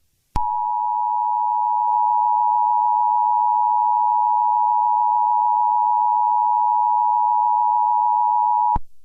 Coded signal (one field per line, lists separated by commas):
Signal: Emergency Alert System (SAME) tones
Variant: 853 and 960 Hz attention tone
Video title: EAS Scenario #47: Deadly California School Shooting of 2022